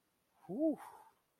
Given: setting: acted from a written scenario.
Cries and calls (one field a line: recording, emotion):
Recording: vocal sound without words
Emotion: relief